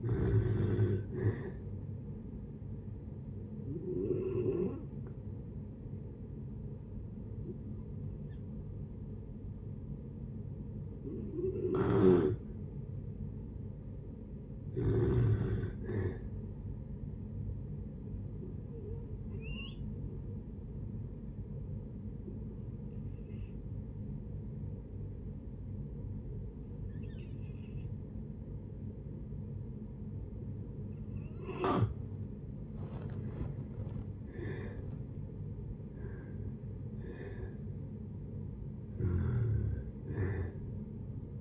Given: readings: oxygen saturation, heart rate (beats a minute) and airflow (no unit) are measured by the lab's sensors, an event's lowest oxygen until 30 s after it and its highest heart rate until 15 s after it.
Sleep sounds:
breathing in sleep by a smartphone at the bedside; 2
3.00-14.60 s: hypopnea (N2, oxygen 95% highest, then 87% lowest)
20.00-32.70 s: hypopnea (N2, oxygen 95% highest, then 85% lowest)
From the record:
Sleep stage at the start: N2 (light sleep); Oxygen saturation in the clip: 88 to 95%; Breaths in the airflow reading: 11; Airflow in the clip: -8.6 to 12.7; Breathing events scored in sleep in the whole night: 496 in 5.4 hours asleep

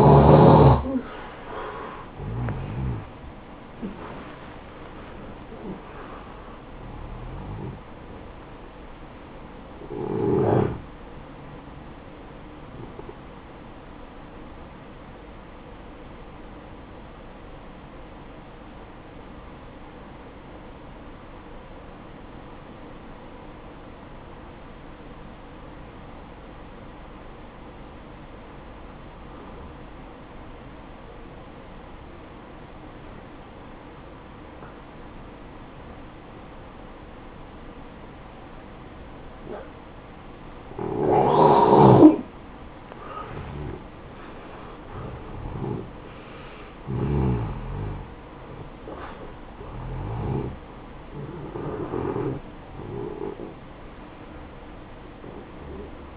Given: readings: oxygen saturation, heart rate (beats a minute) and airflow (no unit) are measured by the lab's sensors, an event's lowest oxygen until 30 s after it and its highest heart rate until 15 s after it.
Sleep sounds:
breathing in sleep by a voice recorder at the bedside; 1
6.00-56.16 s: new sleep stage, N1 (lightest sleep)
17.00-43.70 s: hypopnea (N1, oxygen 96% highest, then 89% lowest, heart rate 63 at the start, 70 highest)
From the record:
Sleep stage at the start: N2 (light sleep); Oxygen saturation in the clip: 90 to 96%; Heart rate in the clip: 55 to 78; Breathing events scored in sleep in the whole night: 573 in 9.8 hours asleep

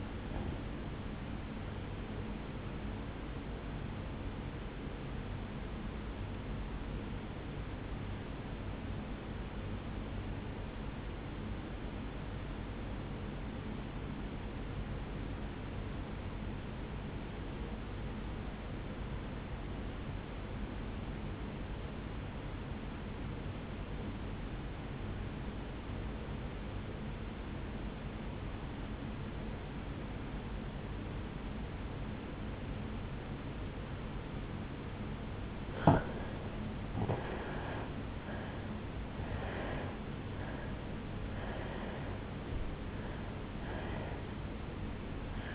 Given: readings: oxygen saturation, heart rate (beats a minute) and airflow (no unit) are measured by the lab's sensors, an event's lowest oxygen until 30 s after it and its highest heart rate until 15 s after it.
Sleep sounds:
breathing in sleep by a voice recorder at the bedside; 1
9.00-36.10 s: obstructive apnea (N2, oxygen 97% highest, then 82% lowest, heart rate 55 at the start, 77 highest)
From the record:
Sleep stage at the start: N2 (light sleep); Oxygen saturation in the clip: 83 to 97%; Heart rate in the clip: 53 to 77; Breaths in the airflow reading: 4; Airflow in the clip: -11.7 to 7.1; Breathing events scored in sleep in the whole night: 449 in 7.0 hours asleep

